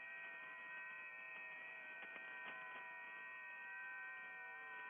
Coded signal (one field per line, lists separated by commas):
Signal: FT8